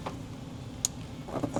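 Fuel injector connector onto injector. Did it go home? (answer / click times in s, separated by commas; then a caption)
yes / 0.9 s. A fuel injector connector is pushed onto a new fuel injector being reinstalled on a Polaris XP1000 side-by-side engine. It clicks in sharply at 0.9 s, followed by a few softer handling knocks. The connector is seated and tight.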